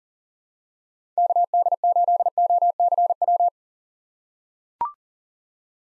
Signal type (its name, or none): Morse code